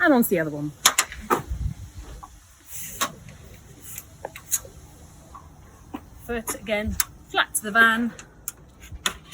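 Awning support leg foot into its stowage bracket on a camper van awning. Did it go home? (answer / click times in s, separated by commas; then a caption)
yes / 8.5 s, 9.1 s. On a VW Ocean camper van, the foot of the second awning support leg is placed flat to the van and pushed back into its stowage bracket while someone talks. Two sharp clicks at 8.5 s and 9.1 s show the leg is seated.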